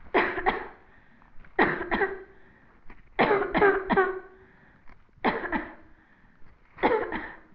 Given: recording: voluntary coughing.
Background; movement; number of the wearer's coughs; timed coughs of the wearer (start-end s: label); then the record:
quiet; sitting; 11
0.12-0.43 s: cough
0.43-0.72 s: cough
1.56-1.89 s: cough
1.89-2.20 s: cough
3.16-3.47 s: cough
3.52-3.82 s: cough
3.82-4.15 s: cough
5.22-5.50 s: cough
5.50-5.73 s: cough
6.80-7.09 s: cough
7.09-7.43 s: cough
From the record:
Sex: female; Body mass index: 18.3 kg/m2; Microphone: on the chest, facing the body